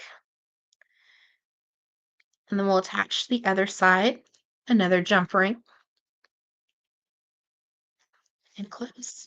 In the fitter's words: Give it a close. We'll hear that little click.